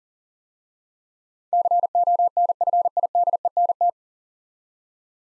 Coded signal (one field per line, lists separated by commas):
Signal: Morse code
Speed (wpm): 42 wpm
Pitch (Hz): 700 Hz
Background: none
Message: CONFIDENT